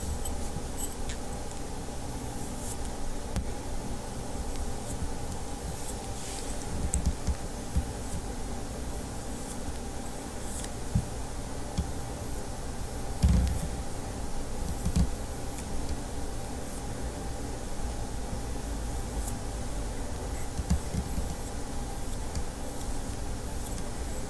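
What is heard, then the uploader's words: Soft brushing and small taps from ornament painting, with a steady low hum and occasional sharper clicks throughout. Painting ornaments for our Christmas tree.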